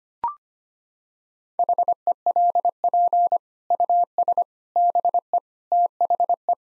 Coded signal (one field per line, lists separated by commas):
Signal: Morse code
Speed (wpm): 25 wpm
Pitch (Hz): 700 Hz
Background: none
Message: HELP US BE THE